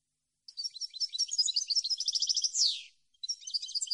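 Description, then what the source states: European goldfinch song: lively twittering phrase of fast repeated notes finishing in a falling buzzy slur, then a new phrase begins. Clean goldfinch song for copying, used to train birds to sing.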